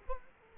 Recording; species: mosquito wingbeat signal from an infrared sensor; Culex quinquefasciatus